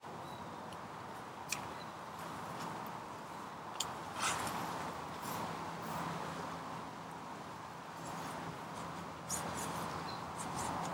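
Fishing on an English chalk stream with a Tenkara rod: a steady, even rush of flowing water fills the whole clip. Sharp little clicks and taps break through now and then, near 1.5, 4 and 9 seconds, and a faint low hum drifts underneath midway.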